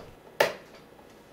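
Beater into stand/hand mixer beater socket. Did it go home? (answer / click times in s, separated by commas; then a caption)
yes / 0.4 s. A metal beater, with its collar lined up with the slot, is pushed into the hole on the underside of a Hamilton Beach hand mixer. A single sharp snap sounds at 0.4 s against a quiet background, and the beater locks into its socket.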